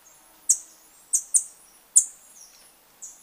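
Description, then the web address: Flame-faced tanager giving several sharp, very high tsip notes at irregular intervals. Recorded in Ecuador. "Birds of Ecuador. Flame-faced Tanager"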